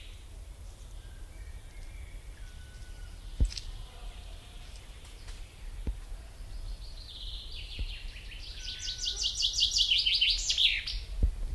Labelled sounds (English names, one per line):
Common Chaffinch song